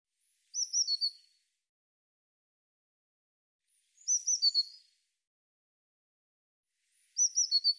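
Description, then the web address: Eurasian blue tit calls: thin, high notes in short bursts of about five, each bout dropping slightly in pitch and repeated about every three seconds. "cianscape birddata Deverinetal 2025 File cleaned normalized Bird Cy Ca"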